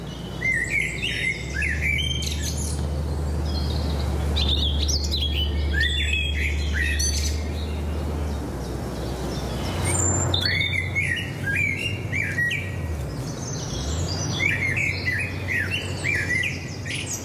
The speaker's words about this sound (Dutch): In haar opname horen we een trio van merel, roodborst en specht.